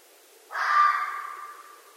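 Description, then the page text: Red fox call: one harsh, hoarse cry with a sudden start that fades away over about a second, then quiet. At night, in North America. "Night Sounds, Pt 7 – Red Foxes – Stan Courtney"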